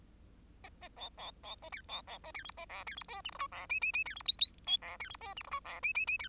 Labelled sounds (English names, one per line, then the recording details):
Bengalese Finch song
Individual Bird10